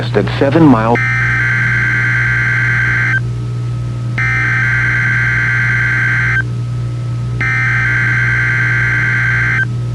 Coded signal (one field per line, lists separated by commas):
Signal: Emergency Alert System (SAME) tones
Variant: header bursts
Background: speech